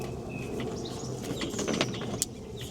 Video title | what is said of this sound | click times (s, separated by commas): EcoFlow STREAM Ultra X Review: Going Off-Grid with a Balcony Solar System | And that snaps in place. | 2.2 s